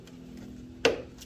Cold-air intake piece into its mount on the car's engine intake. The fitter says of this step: snapped right in perfect and